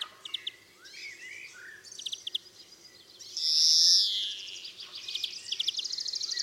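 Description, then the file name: European greenfinch calls: short chirping notes in loose series and a loud drawn-out buzzy wheeze midway, with other twittering over a steady background hiss. "Chloris chloris"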